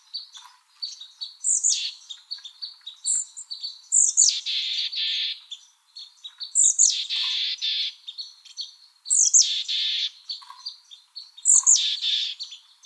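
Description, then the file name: Mexican chickadee gives repeated calls, each a quick high whistle-like note dropping into a buzzy rasp, about every two to three seconds, with soft chips between. "MECH CALLS 1 deviche"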